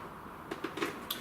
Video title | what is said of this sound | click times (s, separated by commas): Chil LED Installation Demo Temperature Controlled Area LED Light | down it clicks into place and | 1.1 s